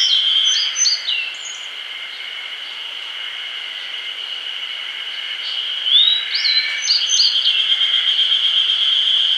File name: Emberiza variabilis